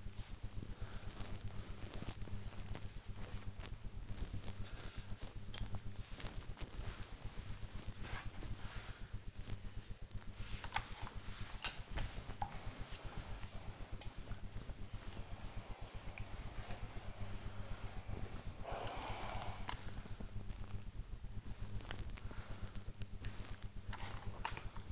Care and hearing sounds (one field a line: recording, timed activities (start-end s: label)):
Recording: household activities, microphone on the right wrist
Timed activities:
0.00-24.92 s: ironing laundry